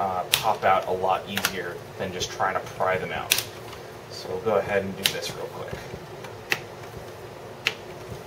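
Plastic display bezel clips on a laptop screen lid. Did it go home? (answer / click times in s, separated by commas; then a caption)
released / 6.5 s, 7.7 s. Someone talks while working the plastic display bezel off the screen lid of a Dell XPS 17 (L702x) laptop during a screen replacement, pushing the display from the back while lifting the bezel. The plastic bezel clips pop out one after another around the display, with sharp snaps at 6.5 s and 7.7 s, and the bezel is released.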